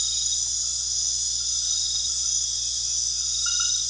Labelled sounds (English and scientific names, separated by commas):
none